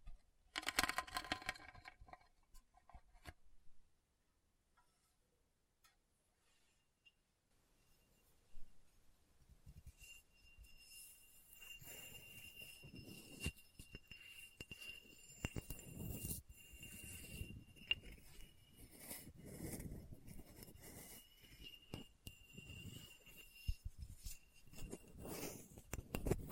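Scratching and scraping over a hard, bumpy surface, starting with a short rough burst, then near silence from about four to ten seconds. From ten seconds on the scraping turns dense and continuous, full of clicks and rasping strokes, with a thin steady whine running underneath.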